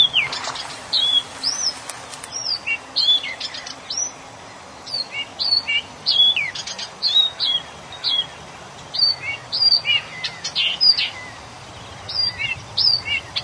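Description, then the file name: Blyth's reed warbler singing a long, varied stream of quick chips, slurred whistles and clicking notes, with brief pauses between phrases. "kamyshovka sadovaja"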